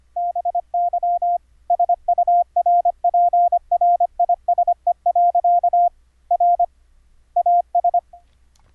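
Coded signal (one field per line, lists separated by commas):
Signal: Morse code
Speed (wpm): 25 wpm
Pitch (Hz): 700 Hz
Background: none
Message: BY SURPRISE. R AS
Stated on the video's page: CW from a software keyboard, sent over the internet through Mumble using Reaper and virtual audio cables.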